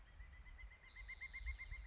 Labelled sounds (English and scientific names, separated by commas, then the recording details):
Pileated Woodpecker (Dryocopus pileatus)
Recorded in Sonoma County, California